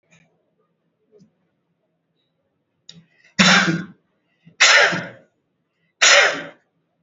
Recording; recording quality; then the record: heavy voluntary cough; excellent, no background noise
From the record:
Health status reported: recovered from COVID-19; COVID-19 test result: positive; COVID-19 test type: RT-PCR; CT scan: taken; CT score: 20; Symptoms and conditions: none ticked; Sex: male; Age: 57 years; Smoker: no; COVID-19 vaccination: none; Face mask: not worn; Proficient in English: yes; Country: India